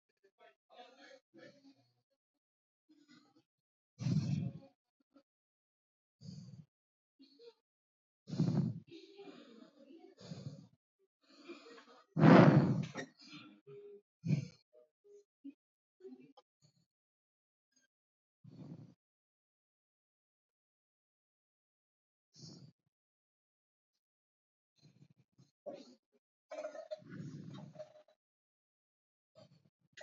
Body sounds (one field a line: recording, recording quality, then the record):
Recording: shallow breathing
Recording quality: excellent, no background noise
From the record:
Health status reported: healthy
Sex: male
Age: 27 years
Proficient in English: yes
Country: India